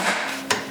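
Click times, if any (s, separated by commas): 0.5 s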